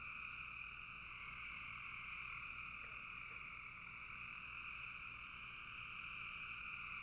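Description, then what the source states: Frogs chorusing continuously in an even, high drone. Frogs calling in a bog.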